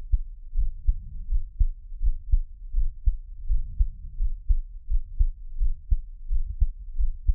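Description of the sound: Steady, deep low thumps at about 83 beats a minute: an ordinary adult heartbeat heard up close, offered as Taiwanese ASMR with no talking.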